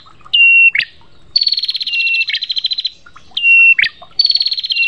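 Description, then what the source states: Prinia song: a high steady whistle ending in a sharp upward flick, then a long buzzy rattling trill, with the phrase given twice. Prenjak song used for bird training ('masteran' therapy).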